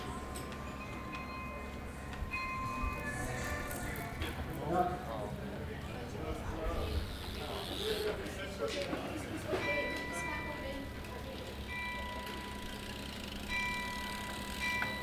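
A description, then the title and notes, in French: A walk through a public space, with a steady low rumble of trains or machinery underneath. Voices talk throughout, busiest in the middle. Thin, high electronic tones sound at the start and return from about ten seconds on. Une marche traversant des espaces sonores Belges. Namur, Eupen, St-amands, Malines, Binche.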